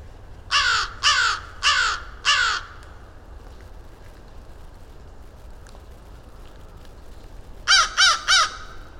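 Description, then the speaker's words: Crow cawing, four loud harsh caws in a steady row, a long quiet gap, then three quicker caws near the end. A rookery of crows calling deep in the woods at Mud Pond, a nature refuge in Vermont, in early spring. "As I moved deeper into the woods, a rookery of crows began to call."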